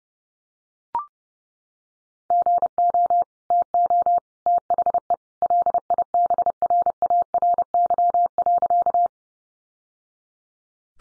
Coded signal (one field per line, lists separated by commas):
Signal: Morse code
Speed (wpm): 30 wpm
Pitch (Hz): 700 Hz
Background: none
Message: GO TO THE LIBRARY.